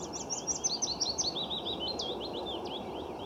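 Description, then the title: Willow warbler song, a rapid run of soft whistled notes cascading downward in pitch and trailing off into a quieter close, over constant low background noise. Resident passerine; length 11–12.5 cm, wingspan 17–22 cm. "Pouillot fitis"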